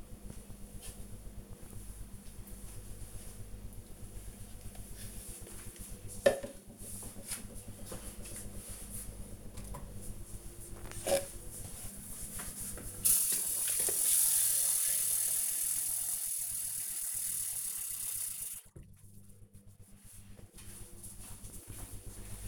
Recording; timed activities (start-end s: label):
household activities, microphone on the right wrist
9.31-22.48 s: watering plant